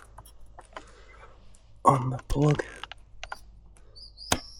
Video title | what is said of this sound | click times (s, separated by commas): Spark Plug Replace F650GS DAKAR | Hear that nice click? | 4.3 s